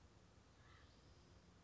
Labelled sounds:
Acorn Woodpecker

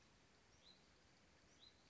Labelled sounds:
Hutton's Vireo

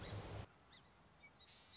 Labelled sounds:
Song Sparrow

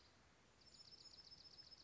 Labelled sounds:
Dark-eyed Junco

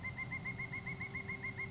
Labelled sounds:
Pileated Woodpecker

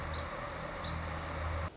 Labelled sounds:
Song Sparrow

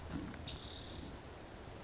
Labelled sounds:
Spotted Towhee

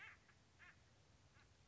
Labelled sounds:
Acorn Woodpecker

